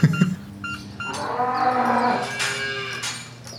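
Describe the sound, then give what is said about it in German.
Cows low in a calving barn, one long, drawn-out moo swelling and then fading over a few seconds, with a brief low grunt at the start and other animal sounds faintly behind it. “Wir sind hier jetzt im Abkalbestall angekommen.”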